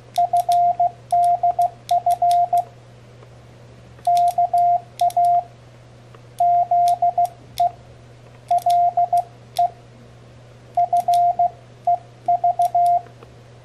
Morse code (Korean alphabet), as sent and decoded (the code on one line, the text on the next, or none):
..-. -.. ..-. / -.- .- / --.. . / .-.. . / ..-. . ...-
는 오 타 가 날